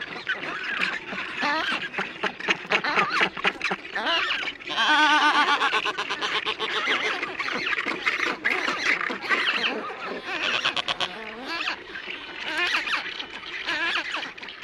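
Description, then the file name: Black-browed albatross calls: a crowded mix of braying, croaking and squealing notes. A clearer, drawn-out wavering wail stands out about a third of the way through. "Canto do albatroz de sobrancelha"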